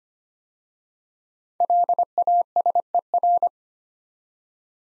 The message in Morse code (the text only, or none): LASER